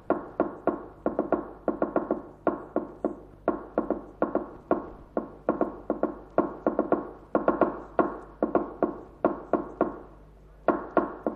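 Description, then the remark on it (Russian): A fork taps sharply on a table in quick, uneven bursts of clicks, short groups and pauses that mimic a telegraph key, steady and fairly loud with no voices. “Дядь стучит вилкой по столу, подражая телеграфному станку.”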